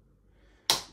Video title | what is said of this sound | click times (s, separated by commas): Kinderkraft Nubi 2: Unboxing and Assembly | can just lock it on like that | 0.7 s